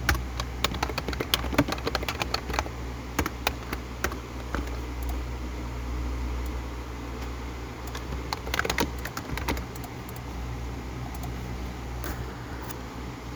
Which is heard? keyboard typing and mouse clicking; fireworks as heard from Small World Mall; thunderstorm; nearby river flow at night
keyboard typing and mouse clicking